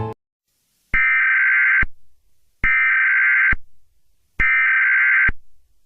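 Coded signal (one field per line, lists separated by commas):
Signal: Emergency Alert System (SAME) tones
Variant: header bursts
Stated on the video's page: Simulated EAS scenario, not a real alert.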